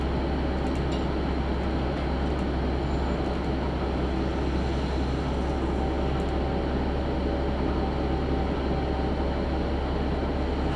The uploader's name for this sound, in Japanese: 天竜浜名湖鉄道 金指→天竜二俣